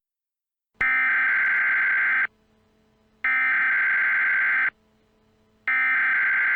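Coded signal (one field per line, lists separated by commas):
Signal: Emergency Alert System (SAME) tones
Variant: header bursts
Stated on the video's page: Fictional emergency alert scenario with a glitch theme.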